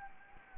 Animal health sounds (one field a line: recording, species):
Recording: mosquito wingbeat signal from an infrared sensor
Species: Anopheles gambiae